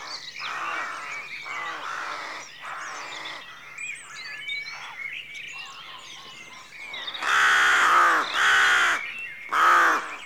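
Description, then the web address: Rooks cawing, a chorus of harsh, grating caws overlapping throughout, building to three loud, drawn-out caws near the end. Rookery at dawn; rural outdoor atmosphere. "The BBC Sound Effects Library. Rookery Dawn"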